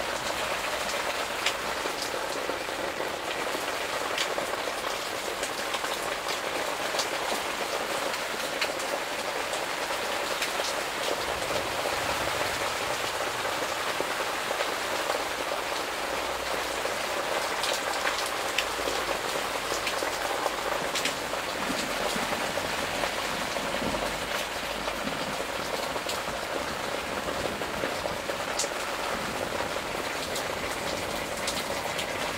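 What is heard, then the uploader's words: Summer rain falls steadily on a greenhouse roof in a garden, a dense, even hiss with crisp drop taps scattered throughout. The level barely changes. Faint low rumbles surface now and then, around ten seconds in and again after twenty. Summer rain and thunder in the garden, under the greenhouse in the countryside.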